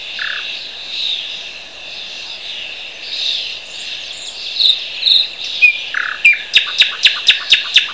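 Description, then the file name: Thrush nightingale song: scattered short whistles, then a fast string of sharp, evenly spaced clacks, with a high insect hum throughout. Recorded at Bergen. "Sprosser Bergen"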